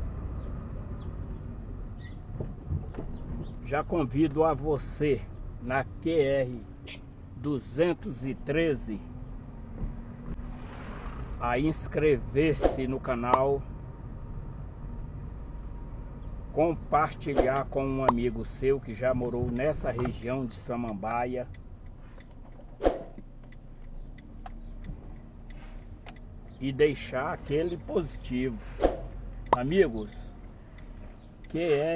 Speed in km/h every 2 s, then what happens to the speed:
15, 17, 15, 14, 19, 20, 20, 20, 16, 12, 5, 0, 7, 10, 8, 4.
0-6 steady at about 15. 6-9 speeds up to 20. 9-14 steady at about 20. 14-21 slows to 0.